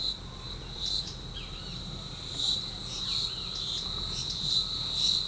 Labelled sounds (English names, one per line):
none